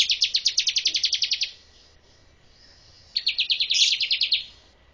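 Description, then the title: Bar-winged prinia uttering two rapid bursts of sharp buzzy notes separated by a pause of about one and a half seconds. Female bird. "Burung Ciblek Betina"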